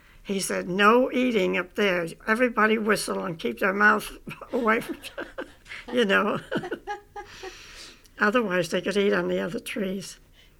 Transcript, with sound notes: He said, "No eating up there. Everybody whistle and keep their mouths away from, (they laugh) you know. Otherwise they could eat on the other trees.